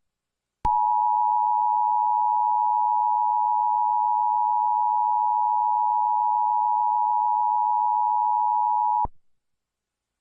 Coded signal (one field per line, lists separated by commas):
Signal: Emergency Alert System (SAME) tones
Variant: 853 and 960 Hz attention tone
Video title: it’s me it’s verity with eas